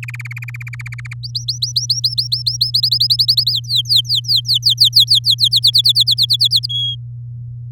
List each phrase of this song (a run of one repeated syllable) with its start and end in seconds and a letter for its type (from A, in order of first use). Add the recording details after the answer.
0.03-1.14 A, 1.23-2.71 B, 2.74-3.52 C, 3.52-5.35 D, 5.38-6.66 E, 6.69-6.95 F. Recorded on 6 May 2018 at 07:51. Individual llb16